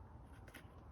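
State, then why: Not seated. A threaded bottom bracket cup is handled at the threaded frame shell of a Privateer 141 bicycle, being spun backwards so its thread can drop into the frame thread. Low, quiet handling noise runs throughout, with a brief faint scrape-like burst around 0.5 s. The clip ends before the cup goes home; nothing has seated or clicked yet.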